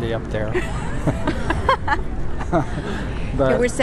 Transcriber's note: laughter